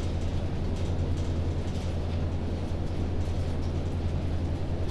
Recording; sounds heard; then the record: poultry house recording; no chicken sound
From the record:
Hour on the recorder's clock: 21